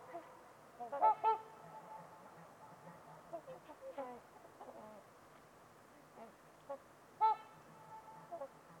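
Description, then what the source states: Trumpeter swan honking calls, nasal horn-like notes louder near the start and again near the end, with softer calls between. Trumpeter swans on a winter's eve at Winters Lake in a deep, silent valley.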